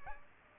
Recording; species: mosquito wingbeat signal from an infrared sensor; Aedes aegypti